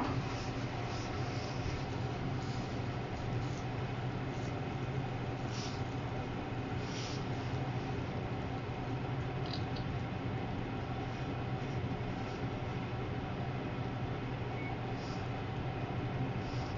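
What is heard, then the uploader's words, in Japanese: A natto omelet cooking in a pan: a steady, dense sizzle runs unbroken for the whole stretch, with a low rumbling hum beneath it. Faint light ticks and pops surface now and then, around six, seven, ten and fifteen seconds. 納豆オムレツを混ぜている音～焼いている最中の音。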